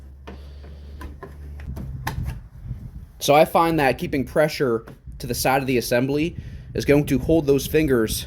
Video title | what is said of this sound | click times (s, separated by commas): BMW E46 Clear Corner Light Turn Signal Install 3 Series 99-01 | You'll hear it snap confidently. | 2.1 s